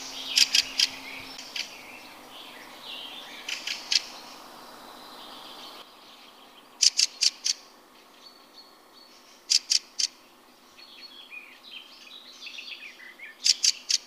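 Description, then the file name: Fieldfare chack calls: harsh, dry clicking notes in short bursts of two or three, repeated every few seconds, with faint softer bird chatter between. "grive litorne"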